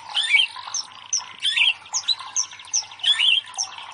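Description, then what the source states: White-rumped Shama song with looping whistled phrases repeated at short intervals, alternating with a high buzzy rattle. Masteran (training recording for cage birds) of murai batu, labaik style of song.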